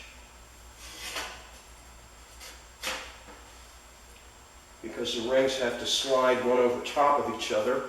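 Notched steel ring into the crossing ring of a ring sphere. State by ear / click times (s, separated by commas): not seated / none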